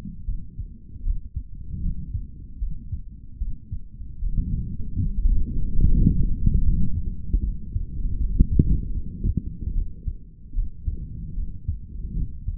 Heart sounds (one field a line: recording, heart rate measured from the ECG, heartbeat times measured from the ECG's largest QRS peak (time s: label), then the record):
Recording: heart sounds by stethoscope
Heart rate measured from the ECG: 76 bpm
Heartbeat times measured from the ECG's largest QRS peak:
0.25 s: heartbeat
1.02 s: heartbeat
1.81 s: heartbeat
2.59 s: heartbeat
3.38 s: heartbeat
4.19 s: heartbeat
5.02 s: heartbeat
5.85 s: heartbeat
6.63 s: heartbeat
7.41 s: heartbeat
8.17 s: heartbeat
8.94 s: heartbeat
9.73 s: heartbeat
10.53 s: heartbeat
11.34 s: heartbeat
12.14 s: heartbeat
From the record:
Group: healthy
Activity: rest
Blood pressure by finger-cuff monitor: 117/91 mmHg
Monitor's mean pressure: 101 mmHg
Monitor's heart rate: 76 bpm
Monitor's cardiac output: 3.3 L/min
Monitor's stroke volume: 44 mL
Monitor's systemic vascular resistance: 2240 dyn s/cm5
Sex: male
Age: 55 years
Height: 167 cm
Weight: 57.2 kg